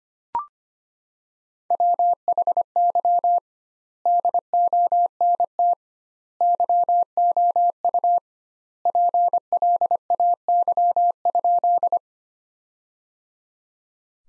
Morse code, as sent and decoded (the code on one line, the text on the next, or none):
.-- .... -.-- / -.. --- -. - / -.-- --- ..- / .--. .-.. .- -.-- ..--..
WHY DONT YOU PLAY?